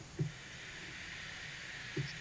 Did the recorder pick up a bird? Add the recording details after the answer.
no. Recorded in pastures near Puerto Asís, Putumayo, Colombia, on 27 June 2025 at 13:30. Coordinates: 0.486, -76.323. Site H29